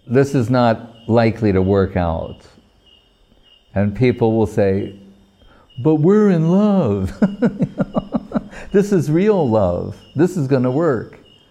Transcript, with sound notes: this is not likely to work out.” And people will say, “But we're in love.” [laughing] “This is real love, this is going to work.”